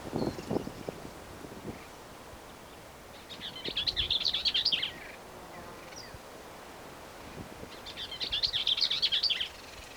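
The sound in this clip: Bell's vireo song: two fast, run-together warbled phrases about five seconds apart, each a scratchy high chatter.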